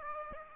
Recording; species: mosquito wingbeat signal from an infrared sensor; Aedes aegypti